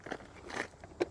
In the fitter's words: love having this feature and it stores right in here just as easy as you took it out locks into place